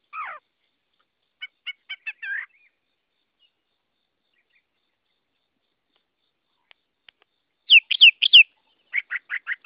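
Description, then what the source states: Chinese hwamei singing in sparse bursts: a slurred note, a short stuttered phrase, a long quiet gap, then loud twisting whistles and quick repeated notes. Hwamei singing in the 'giọng rừng' (forest voice) song style.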